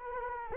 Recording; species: mosquito wingbeat signal from an infrared sensor; Anopheles arabiensis